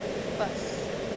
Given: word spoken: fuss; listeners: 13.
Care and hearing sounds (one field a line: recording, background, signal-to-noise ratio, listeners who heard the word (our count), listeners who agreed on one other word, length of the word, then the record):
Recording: one English word in noise, from a listening test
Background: speech-shaped noise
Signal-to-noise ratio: -4.3 dB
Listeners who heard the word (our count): 1 of 13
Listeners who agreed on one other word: 11 of 13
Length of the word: 0.76 s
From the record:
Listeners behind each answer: 11, 1, 1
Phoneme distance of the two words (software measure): 10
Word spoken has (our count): 1 syllable, 3 phonemes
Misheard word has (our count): 1 syllable, 3 phonemes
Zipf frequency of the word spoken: 3.95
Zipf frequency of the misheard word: 4.74